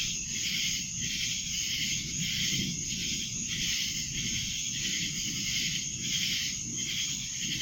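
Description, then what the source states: Cicadas keep up a steady, pulsing high-pitched drone while a low rumbling noise runs underneath. Cicadas recorded in Annapolis in July 2012.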